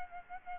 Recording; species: mosquito wingbeat signal from an infrared sensor; Aedes albopictus